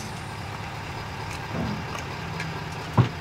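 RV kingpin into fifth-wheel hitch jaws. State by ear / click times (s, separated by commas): not seated / none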